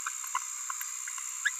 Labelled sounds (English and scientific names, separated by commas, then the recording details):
Green-rumped Parrotlet (Forpus passerinus) babbling
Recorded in a nest box in Venezuela
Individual 18B17A5